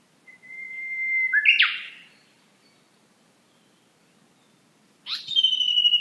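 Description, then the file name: Japanese bush warbler song: a long steady whistle that breaks into a quick flourish, then a fresh strong note begins after a pause. "uguisu"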